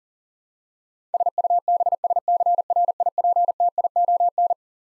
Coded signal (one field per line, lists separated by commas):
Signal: Morse code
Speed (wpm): 40 wpm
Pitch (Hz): 700 Hz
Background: none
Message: SUBSCRIPTION